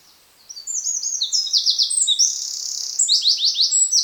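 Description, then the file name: Eurasian wren song, a loud, energetic run of shrill whistled notes and rattling trills that continues to the end. "Troglodytes troglodytes"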